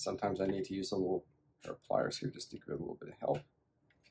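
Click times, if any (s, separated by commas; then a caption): none. Someone talks while a crimped Deutsch pin is pushed through the red rubber seal into a multi-pin connector housing, with pliers helping it along. Nothing has seated or clicked into place yet; the pin is still being handled.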